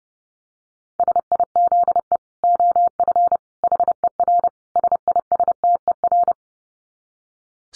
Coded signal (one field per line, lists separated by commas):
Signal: Morse code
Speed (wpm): 30 wpm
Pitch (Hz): 700 Hz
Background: none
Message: SIZE OF HER SISTER